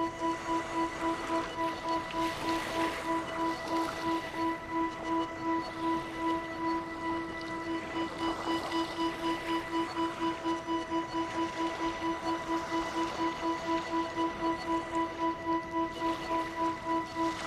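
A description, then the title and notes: Ship wake waves wash through in soft swells, rising around the second, eighth and sixteenth seconds. Underneath, a steady, rapid pulsing hum with a higher whining tone beats evenly throughout, like running machinery, over a light constant hiss. We are still on Sauvie Island, walking along the beach of a wooded peninsula called Willow Bar Beach. It’s a cool late October morning. The wave action is the wake of small, medium and large ocean-going ships.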